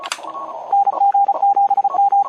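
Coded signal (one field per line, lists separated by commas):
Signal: Morse code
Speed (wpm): 34 wpm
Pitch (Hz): 800 Hz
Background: radio noise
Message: NG7M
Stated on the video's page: CW contest operation through a club's remote HF stations.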